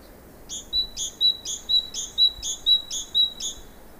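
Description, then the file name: Great tit, bright metallic two-part notes repeated rhythmically roughly twice a second, a sharp high tick followed by a thin whistled tone, otherwise quiet. "Parus major"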